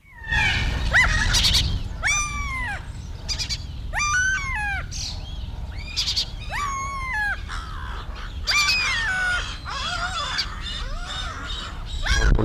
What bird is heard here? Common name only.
Common Gull